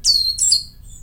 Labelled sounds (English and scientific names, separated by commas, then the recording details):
Stitchbird (Notiomystis cincta) song
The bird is a male
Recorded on Tiritiri Matangi Island, New Zealand, in 2005
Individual 22, of nest box 31